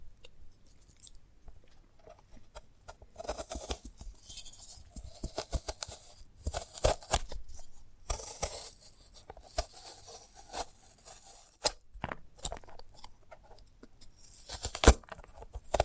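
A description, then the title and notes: Someone handles a sprouted coconut in ASMR fashion, producing dense bursts of crisp tearing, scraping and snipping sounds, with some fibrous crackles. The noises come in irregular clusters with short quiet gaps, and a sharp, louder snap lands near the end. ASMR of a Sprouted Coconut (No Talking).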